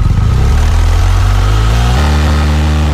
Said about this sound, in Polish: a ten dźwięk, który Państwo usłyszeli, to motocykl policyjny. W obecności naszego reportera ten motocykl był przebadany.